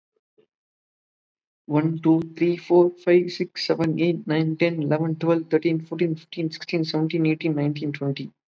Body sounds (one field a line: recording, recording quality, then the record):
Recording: counting at a fast pace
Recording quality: excellent, no background noise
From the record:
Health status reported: COVID-19 positive, mild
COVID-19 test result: positive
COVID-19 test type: RT-PCR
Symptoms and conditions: cough, cold, muscle pain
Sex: male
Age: 25 years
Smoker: no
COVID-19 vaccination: both doses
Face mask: worn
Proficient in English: yes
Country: India